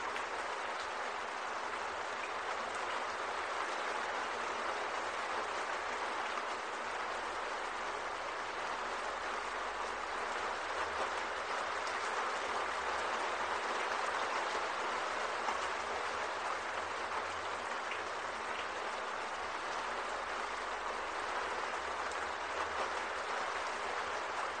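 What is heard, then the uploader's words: Heavy rain drums steadily on a roof, a dense, unbroken hiss of countless drops that holds the same level for the whole stretch. The sound sits in the middle and upper range with little low rumble, even, with no distinct events standing out. Heavy Rain on The Roof. This audio is 3 hours of uninterrupted rain.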